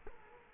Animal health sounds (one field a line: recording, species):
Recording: mosquito wingbeat signal from an infrared sensor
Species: Culex quinquefasciatus